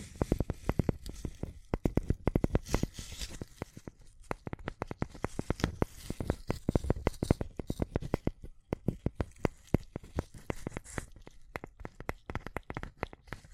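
Tapping and scratching in dense, irregular bursts of sharp clicks and rasping strokes, busiest around two to four and six to eight seconds.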